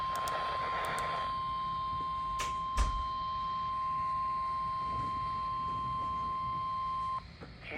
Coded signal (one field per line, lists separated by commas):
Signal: Emergency Alert System (SAME) tones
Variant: 1050 Hz attention tone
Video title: High Wind Warning for the MA Coast and RI (EAS #1,507-1,509)